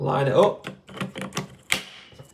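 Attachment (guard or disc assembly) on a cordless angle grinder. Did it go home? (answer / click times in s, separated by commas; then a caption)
yes / 1.7 s. An attachment, the guard or disc assembly, is lined up on a cordless Makita angle grinder and pushed down until it locks. Someone talks at the start, followed by a few soft handling knocks. A sharp click at 1.7 s marks it seating in place.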